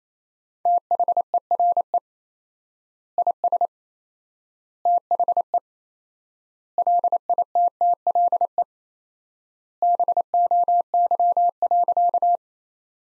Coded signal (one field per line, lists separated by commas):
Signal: Morse code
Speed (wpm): 28 wpm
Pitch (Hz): 700 Hz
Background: none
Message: THERE IS THE LITTLE BOY.